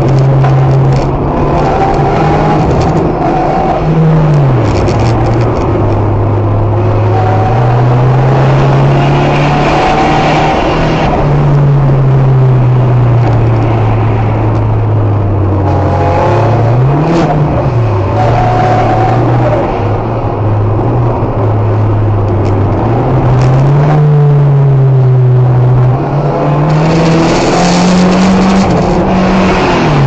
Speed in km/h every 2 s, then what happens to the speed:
75, 82, 82, 87, 91, 108, 107, 83, 82, 86, 86, 78, 65, 69, 72.
0-10 speeds up to 108. 12-14 brakes to 83. 14-20 steady at about 83. 20-23 brakes to 65. 25-30 speeds up to 72.